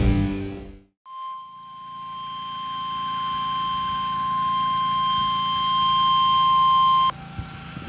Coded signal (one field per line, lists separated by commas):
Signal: Emergency Alert System (SAME) tones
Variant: 1050 Hz attention tone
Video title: SURPRISE CYCLONE... EAS Alerts from 10/16-17/19 (EAS 2131-2145)